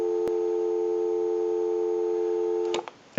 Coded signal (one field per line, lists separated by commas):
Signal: telephone call progress tone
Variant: North America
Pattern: dial tone